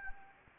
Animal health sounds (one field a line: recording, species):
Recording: mosquito wingbeat signal from an infrared sensor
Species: Anopheles gambiae